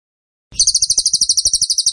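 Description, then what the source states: Bird starts a fast, sharp, high-pitched chirp sequence after half a second of silence, notes pulsing rapidly and evenly. Masteran (training) recording of a bird singing vigorously (gacor) in the tembakan style.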